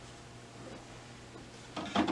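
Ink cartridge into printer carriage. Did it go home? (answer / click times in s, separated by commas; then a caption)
no / none. An ink cartridge, its orange tabs already removed, is being slid into its slot in the carriage of an HP Deskjet Plus 4158 printer. A low steady background is followed by louder handling noises at about 1.8 and 2.0 seconds as the cartridge is worked into place. Nothing has seated or clicked yet.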